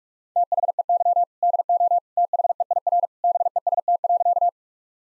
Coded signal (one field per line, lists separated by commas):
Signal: Morse code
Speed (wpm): 46 wpm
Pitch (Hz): 700 Hz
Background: none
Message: THEY DO THEIR BEST.